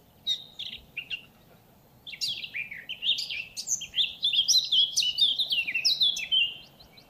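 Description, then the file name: Eurasian blackcap singing: a few separate notes, a short pause, then a rapid, continuous warble of varied high notes. "Sylvia atricapilla"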